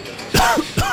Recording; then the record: coughing mixed with background sound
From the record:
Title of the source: Coughing 51